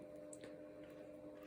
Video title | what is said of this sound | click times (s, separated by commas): Cutting a Key by Code on the Framon FRA-2 Code Cutting Machine | and I want to go ahead and put that into the spacing block holder snaps into place | 0.3 s, 0.4 s